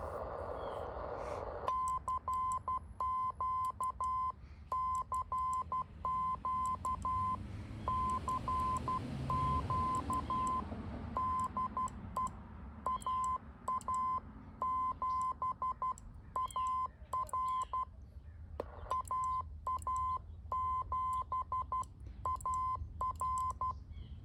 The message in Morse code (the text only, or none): CQ CQ CQ DE AA7AR AA7AR